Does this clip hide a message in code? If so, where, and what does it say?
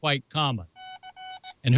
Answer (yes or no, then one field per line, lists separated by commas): no